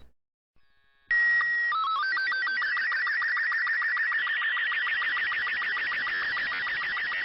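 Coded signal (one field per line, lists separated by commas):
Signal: SSTV (slow-scan television)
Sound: steady high tone with a short break, quick stepping tones, then warbling image-scan whine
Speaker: he cut the video short. So the signal actually stopped there, but whatever.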